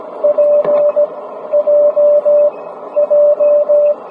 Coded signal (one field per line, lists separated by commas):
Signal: Morse code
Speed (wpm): 18 wpm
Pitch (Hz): 590 Hz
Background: radio noise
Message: PJJ